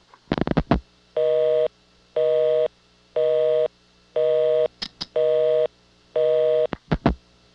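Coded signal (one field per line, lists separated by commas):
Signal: telephone call progress tone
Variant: North America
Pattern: busy tone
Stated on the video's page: Call progress tones from dialing each Ocala, Florida local office code on a phone served by a rare European Siemens motor switch, 1982.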